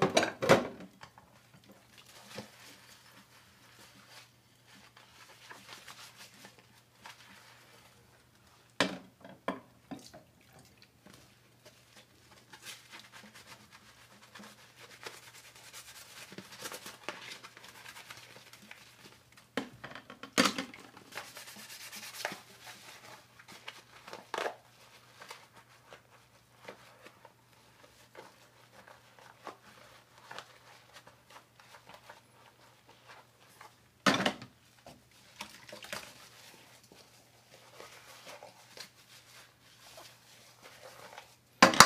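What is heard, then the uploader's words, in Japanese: Preparing and eating bonito tataki ramen: quiet scattered clinks and light clatter of dishes and utensils over a steady low hum. Sharp knocks stand out at the start, near 9 and 34 seconds, with a busier stretch of rattling around 20 to 23 seconds. 環境音 かつおのたたきらーめん。醤油ベースで焼豚のかわりに鰹のたたきをいれてみました。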